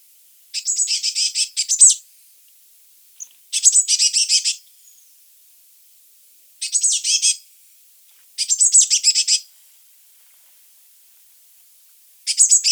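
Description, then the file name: Eurasian blue tit scolding repeatedly: five harsh, rattling churrs of rapid high notes, each about a second, at uneven intervals. "Cyanistes caeruleus"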